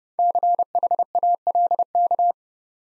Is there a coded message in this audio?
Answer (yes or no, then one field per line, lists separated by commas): yes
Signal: Morse code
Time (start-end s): 0.2-2.3 s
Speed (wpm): 36 wpm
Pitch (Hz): 700 Hz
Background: none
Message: CHALK